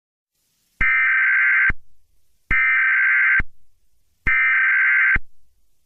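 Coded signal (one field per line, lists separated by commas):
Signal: Emergency Alert System (SAME) tones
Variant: header bursts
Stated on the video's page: Joke EAS scenario, not a real alert.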